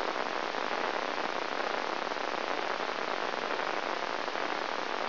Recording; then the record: brain microelectrode recording played as sound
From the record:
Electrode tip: inside the subthalamic nucleus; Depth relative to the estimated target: -1.5 mm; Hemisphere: left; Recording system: AlphaMap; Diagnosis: Parkinson's disease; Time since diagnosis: 20 years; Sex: female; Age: 65 years